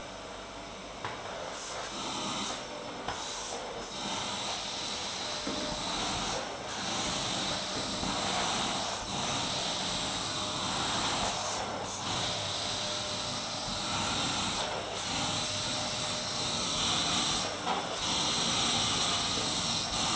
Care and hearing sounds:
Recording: daily activity, microphone in the room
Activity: vacuum cleaning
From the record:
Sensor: 3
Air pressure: 991.8 hPa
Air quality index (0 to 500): 196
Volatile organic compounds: 1000 ppm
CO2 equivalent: 6627 ppm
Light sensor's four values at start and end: 31/92/37/32 and 17/50/20/17

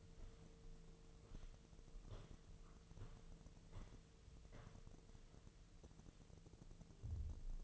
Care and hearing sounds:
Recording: daily activity, microphone in the room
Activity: walk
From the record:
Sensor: 4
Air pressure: 1006.3 hPa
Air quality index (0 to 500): 87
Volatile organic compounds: 2 ppm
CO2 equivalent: 1074 ppm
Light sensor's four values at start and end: 12/27/10/10 and 12/27/10/10

